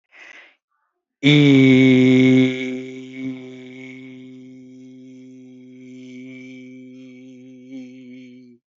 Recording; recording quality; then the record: sustained vowel as in beet; excellent, no background noise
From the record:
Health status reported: healthy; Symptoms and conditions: cough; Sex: male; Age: 37 years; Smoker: not ticked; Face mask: not worn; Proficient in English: yes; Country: India